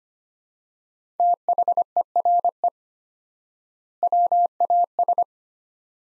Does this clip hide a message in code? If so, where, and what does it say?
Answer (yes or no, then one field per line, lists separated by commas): yes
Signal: Morse code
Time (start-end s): 1.2-5.2 s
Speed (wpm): 25 wpm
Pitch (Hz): 700 Hz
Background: none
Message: THERE WAS